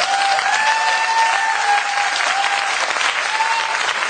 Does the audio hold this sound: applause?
yes